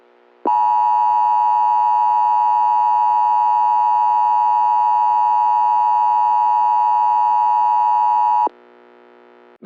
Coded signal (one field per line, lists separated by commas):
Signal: Emergency Alert System (SAME) tones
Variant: 853 and 960 Hz attention tone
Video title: Climate Change: An EAS Scenario (Part One)